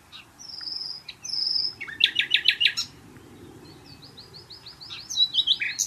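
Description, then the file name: Common nightingale song: drawn-out whistled notes, a loud rapid burst of repeated chirps, then a run of high whistles and twittering. "Luscinia megarhynchos"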